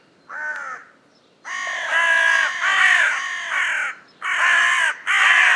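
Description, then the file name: Carrion crow giving harsh, hoarse caws, one short call followed by longer drawn-out croaking caws in quick succession. "Corvus corone"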